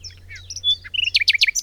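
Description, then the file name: Bird chirping: a quick jumble of high thin notes and twitters, ending in a fast series of sharp downward chirps repeated several times each second. "Bird Cherp"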